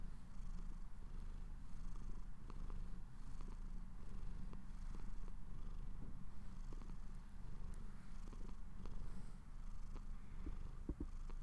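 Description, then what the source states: Cat purring steadily, a low continuous rumble with faint clicks and rustles above it. Owner's pet cat purring while falling asleep.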